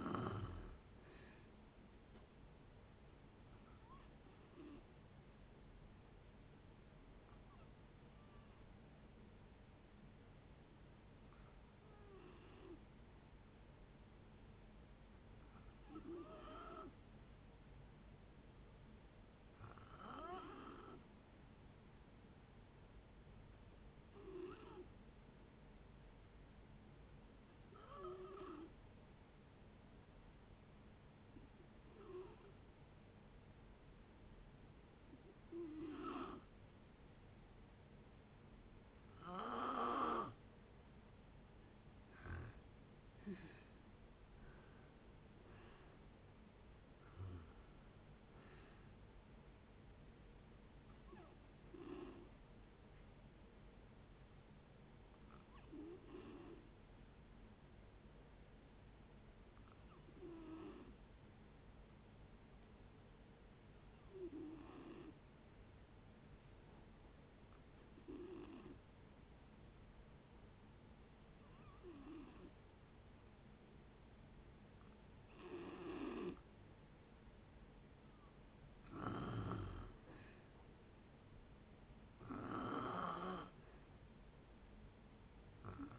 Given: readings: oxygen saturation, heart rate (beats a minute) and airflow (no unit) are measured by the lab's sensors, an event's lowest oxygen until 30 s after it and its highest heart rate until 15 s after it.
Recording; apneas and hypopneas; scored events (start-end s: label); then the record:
breathing in sleep by a voice recorder at the bedside; 2
12.00-40.60 s: hypopnea (N2, oxygen 94% highest, then 85% lowest, heart rate 58 at the start, 79 highest)
58.00-85.99 s: new sleep stage, N1 (lightest sleep)
59.00-74.80 s: hypopnea (N1, oxygen 95% highest, then 87% lowest, heart rate 59 at the start, 67 highest)
From the record:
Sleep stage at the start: N2 (light sleep); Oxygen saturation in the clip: 85 to 95%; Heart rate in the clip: 57 to 79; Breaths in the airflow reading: 23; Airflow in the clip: -9.1 to 8.7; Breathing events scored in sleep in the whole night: 496 in 5.4 hours asleep